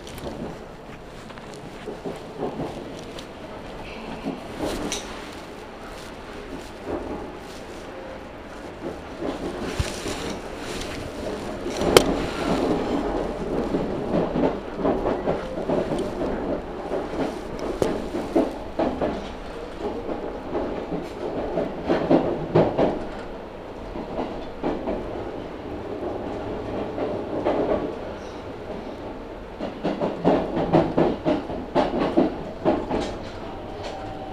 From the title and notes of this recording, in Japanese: 中央西線 普通 名古屋→高蔵寺 313系8000番台。座席は転換クロスシート、窓にはカーテンということで若干グレードが高いです。通勤ラッシュの折り返しになるので多少立つ人が出るくらいですね～。